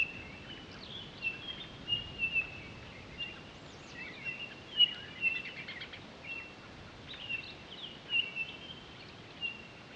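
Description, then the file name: Townsend's solitaire calling with steady high whistled tones repeated irregularly, sometimes in quick pairs, among faint soft chips and twitters. Recorded 23 October 2011. "20111023 townsends-solitaire"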